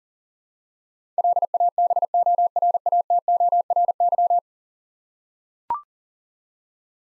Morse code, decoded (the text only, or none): LABORATORY